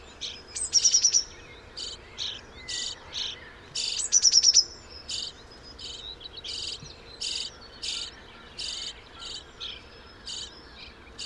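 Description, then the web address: Common starling calls: short, hissy high bursts repeated many times, with two quick rattling clicking series in the first half, over a steady faint background hiss. "Deverinetal 2025. Bird Only"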